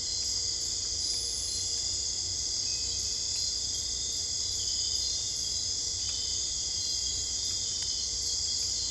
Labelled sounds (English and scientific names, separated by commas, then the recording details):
none
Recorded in dense forest near Puerto Asís, Putumayo, Colombia, on 22 December 2024 at 01:30
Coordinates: 0.485, -76.318
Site GP03